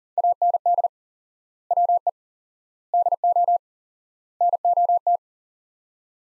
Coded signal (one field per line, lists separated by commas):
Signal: Morse code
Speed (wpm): 40 wpm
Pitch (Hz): 700 Hz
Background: none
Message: AND WE DO NOT